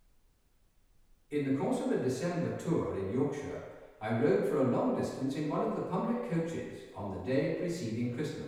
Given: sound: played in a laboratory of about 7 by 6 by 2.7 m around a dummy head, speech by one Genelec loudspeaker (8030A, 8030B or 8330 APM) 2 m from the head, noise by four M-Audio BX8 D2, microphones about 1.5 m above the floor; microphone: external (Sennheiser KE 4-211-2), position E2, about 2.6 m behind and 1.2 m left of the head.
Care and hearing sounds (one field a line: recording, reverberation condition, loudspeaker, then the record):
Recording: male speech in English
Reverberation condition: high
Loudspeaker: 60 degrees to the right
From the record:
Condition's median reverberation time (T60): about 1300 ms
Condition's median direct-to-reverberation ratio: about -4.0 dB